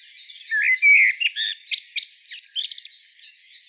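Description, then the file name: Common blackbird song phrase: fluty warbled notes followed by a quick run of high, squeaky twittering notes. "Turdus merula"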